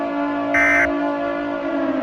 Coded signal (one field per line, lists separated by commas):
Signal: Emergency Alert System (SAME) tones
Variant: end-of-message bursts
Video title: The Beast In the Mountains (EAS Scenario)